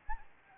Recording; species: mosquito wingbeat signal from an infrared sensor; Anopheles arabiensis